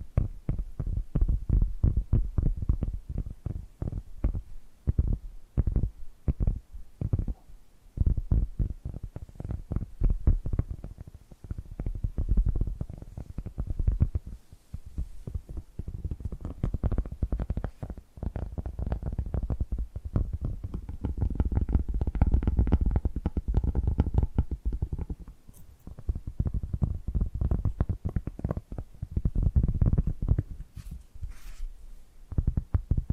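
Tapping and scratching sounds run through the whole recording: quick, dense taps in the first half, giving way to more continuous rubbing and scratching later. The sounds are mostly low and muffled, with a few brighter scrapes near the end.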